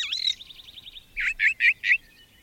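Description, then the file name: Brown thrasher song: a rapid buzzy trill, then four strong, rough chirps in steady succession. "suara-kicauan-brown-thraser 3-omkicau"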